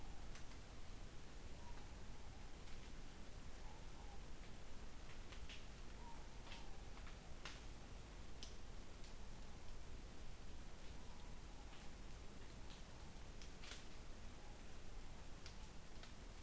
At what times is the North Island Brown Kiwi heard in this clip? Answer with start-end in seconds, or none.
none